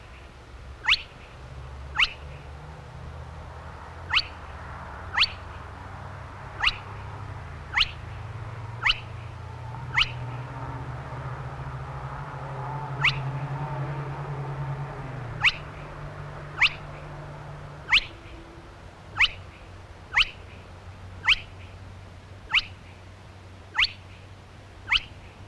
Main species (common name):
Spotted Crake